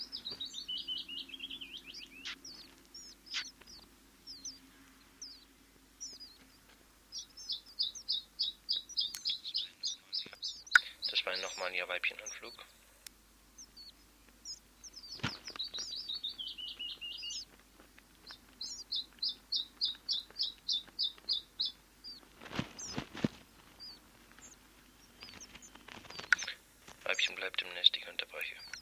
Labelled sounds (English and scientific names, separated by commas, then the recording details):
Willow Warbler (Phylloscopus trochilus) call
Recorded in captivity
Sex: diverse
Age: diverse
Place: Volierenanlage, Zoologisches Institut Universität Tübingen, Baden-Württemberg, DE
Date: 1968-06-05
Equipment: Kapselmikrophon, LGS26
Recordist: Schneider, Hans-Joachim